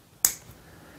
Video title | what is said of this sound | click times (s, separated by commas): BLOKEES Transformers Galaxy Version Series 1 Roll Out: Case Opening and Review | and this would just slide down and you just want to slide it down till it clicks | 0.2 s